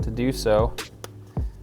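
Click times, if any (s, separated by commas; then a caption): 1.0 s. Someone talks as a small heat shield held by three snaps is unclipped and pulled off the turbo of a BMW G20 M340i with a B58 engine. A sharp snap sounds at 1.0 s, followed by a softer knock at 1.4 s. The heat shield's snaps release and it comes off.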